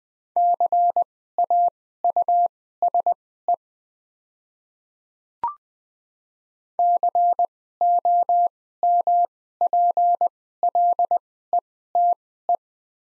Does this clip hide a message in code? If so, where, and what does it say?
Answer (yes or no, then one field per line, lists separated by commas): yes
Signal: Morse code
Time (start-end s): 0.4-12.6 s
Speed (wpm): 20 wpm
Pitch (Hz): 700 Hz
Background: none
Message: CAUSE COMPLETE